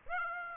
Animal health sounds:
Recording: mosquito wingbeat signal from an infrared sensor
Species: Aedes aegypti

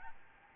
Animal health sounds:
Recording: mosquito wingbeat signal from an infrared sensor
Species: Aedes albopictus

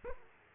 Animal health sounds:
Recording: mosquito wingbeat signal from an infrared sensor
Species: Aedes aegypti

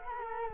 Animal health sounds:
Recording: mosquito wingbeat signal from an infrared sensor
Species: Culex quinquefasciatus

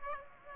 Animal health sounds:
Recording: mosquito wingbeat signal from an infrared sensor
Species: Aedes aegypti

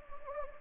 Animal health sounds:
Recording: mosquito wingbeat signal from an infrared sensor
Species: Anopheles gambiae

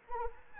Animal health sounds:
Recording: mosquito wingbeat signal from an infrared sensor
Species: Anopheles arabiensis

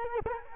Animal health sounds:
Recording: mosquito wingbeat signal from an infrared sensor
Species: Culex quinquefasciatus

